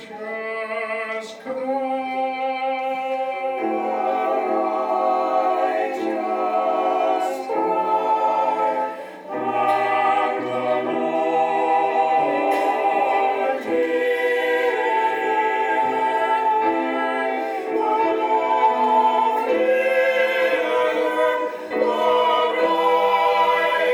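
A choir sings with organ and the congregation joining in, a full sustained sound of held chords that shift every second or two. The voices stay steady and loud throughout, with a brief dip near the start and around ten seconds.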